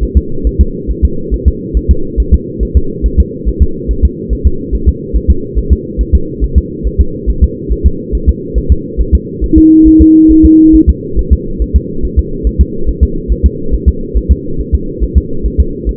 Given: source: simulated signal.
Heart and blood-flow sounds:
fetal heart sounds
0.03 s: S1
0.17 s: S2
0.47 s: S1
0.61 s: S2
0.91 s: S1
1.05 s: S2
1.34 s: S1
1.48 s: S2
1.77 s: S1
1.91 s: S2
2.20 s: S1
2.34 s: S2
2.63 s: S1
2.77 s: S2
3.06 s: S1
3.20 s: S2
3.48 s: S1
3.62 s: S2
3.91 s: S1
4.05 s: S2
4.33 s: S1
4.47 s: S2
4.75 s: S1
4.89 s: S2
5.16 s: S1
5.30 s: S2
5.58 s: S1
5.72 s: S2
6.01 s: S1
6.15 s: S2
6.44 s: S1
6.58 s: S2
6.87 s: S1
7.01 s: S2
7.30 s: S1
7.44 s: S2
7.72 s: S1
7.86 s: S2
8.15 s: S1
8.29 s: S2
8.58 s: S1
8.72 s: S2
9.00 s: S1
9.15 s: S2
9.44 s: S1
9.58 s: S2
9.87 s: S1
10.02 s: S2
10.31 s: S1
10.46 s: S2
10.75 s: S1
10.89 s: S2
11.19 s: S1
11.33 s: S2
11.62 s: S1
11.76 s: S2
12.05 s: S1
12.19 s: S2
12.47 s: S1
12.61 s: S2
12.89 s: S1
13.03 s: S2
13.32 s: S1
13.46 s: S2
13.74 s: S1
13.88 s: S2
14.17 s: S1
14.31 s: S2
14.61 s: S1
14.75 s: S2
15.03 s: S1
15.18 s: S2
15.46 s: S1
15.60 s: S2
15.89 s: S1
From the record:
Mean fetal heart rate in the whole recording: 140 bpm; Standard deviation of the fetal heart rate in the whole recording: 2 bpm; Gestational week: 34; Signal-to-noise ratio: -8.1 dB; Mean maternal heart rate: 72 bpm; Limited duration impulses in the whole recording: present

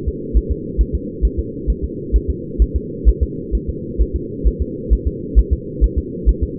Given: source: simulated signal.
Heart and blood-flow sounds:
fetal heart sounds
0.08 s: S2
0.37 s: S1
0.52 s: S2
0.81 s: S1
0.95 s: S2
1.25 s: S1
1.39 s: S2
1.70 s: S1
1.84 s: S2
2.16 s: S1
2.30 s: S2
2.62 s: S1
2.76 s: S2
3.08 s: S1
3.23 s: S2
3.55 s: S1
3.69 s: S2
4.01 s: S1
4.16 s: S2
4.47 s: S1
4.62 s: S2
4.93 s: S1
5.07 s: S2
5.39 s: S1
5.53 s: S2
5.84 s: S1
5.98 s: S2
6.29 s: S1
6.43 s: S2
From the record:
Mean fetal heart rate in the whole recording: 135 bpm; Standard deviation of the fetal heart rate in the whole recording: 3 bpm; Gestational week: 34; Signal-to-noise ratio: -4.1 dB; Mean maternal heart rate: no maternal heart sound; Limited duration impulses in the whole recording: absent

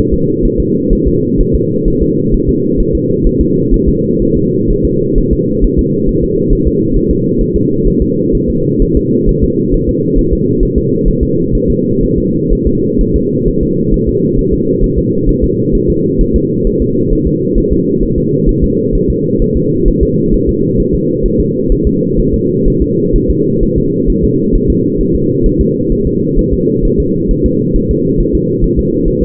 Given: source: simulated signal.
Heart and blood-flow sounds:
fetal heart sounds
0.14 s: S2
0.45 s: S1
0.60 s: S2
0.93 s: S1
1.07 s: S2
1.41 s: S1
1.55 s: S2
1.88 s: S1
2.03 s: S2
2.34 s: S1
2.49 s: S2
2.80 s: S1
2.95 s: S2
3.27 s: S1
3.41 s: S2
3.74 s: S1
3.89 s: S2
4.22 s: S1
4.37 s: S2
4.70 s: S1
4.85 s: S2
5.18 s: S1
5.33 s: S2
5.64 s: S1
5.79 s: S2
6.09 s: S1
6.24 s: S2
6.53 s: S1
6.67 s: S2
6.96 s: S1
7.11 s: S2
7.41 s: S1
7.56 s: S2
7.88 s: S1
8.02 s: S2
8.35 s: S1
8.50 s: S2
8.82 s: S1
8.97 s: S2
9.29 s: S1
9.44 s: S2
9.74 s: S1
9.89 s: S2
10.19 s: S1
10.33 s: S2
10.63 s: S1
10.78 s: S2
11.08 s: S1
11.23 s: S2
11.55 s: S1
11.70 s: S2
12.03 s: S1
12.18 s: S2
12.53 s: S1
12.67 s: S2
13.01 s: S1
13.16 s: S2
13.48 s: S1
13.63 s: S2
13.94 s: S1
14.09 s: S2
14.39 s: S1
14.54 s: S2
14.84 s: S1
14.98 s: S2
15.29 s: S1
15.44 s: S2
15.75 s: S1
15.90 s: S2
16.21 s: S1
16.36 s: S2
16.67 s: S1
16.82 s: S2
17.13 s: S1
17.27 s: S2
17.58 s: S1
17.73 s: S2
18.03 s: S1
18.18 s: S2
18.49 s: S1
18.64 s: S2
18.95 s: S1
19.10 s: S2
19.42 s: S1
19.57 s: S2
19.88 s: S1
20.03 s: S2
20.34 s: S1
20.49 s: S2
20.80 s: S1
20.95 s: S2
21.26 s: S1
21.40 s: S2
21.72 s: S1
21.87 s: S2
22.19 s: S1
22.34 s: S2
22.68 s: S1
22.82 s: S2
23.16 s: S1
23.30 s: S2
23.63 s: S1
23.78 s: S2
24.10 s: S1
24.24 s: S2
24.55 s: S1
24.70 s: S2
25.01 s: S1
25.15 s: S2
25.46 s: S1
25.61 s: S2
25.92 s: S1
26.07 s: S2
26.39 s: S1
26.53 s: S2
26.85 s: S1
27.00 s: S2
27.31 s: S1
27.46 s: S2
27.76 s: S1
27.91 s: S2
28.20 s: S1
28.35 s: S2
28.64 s: S1
28.79 s: S2
29.08 s: S1
29.23 s: S2
From the record:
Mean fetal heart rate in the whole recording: 130 bpm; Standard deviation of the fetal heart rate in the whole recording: 4 bpm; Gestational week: 38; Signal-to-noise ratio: -11.2 dB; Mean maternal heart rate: 72 bpm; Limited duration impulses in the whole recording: present

